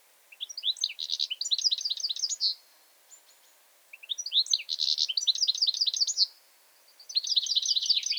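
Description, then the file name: European goldfinch giving three bursts of rapid, tinkling twitters separated by short pauses, each burst a dense run of high, chattering notes. "Carduelis carduelis"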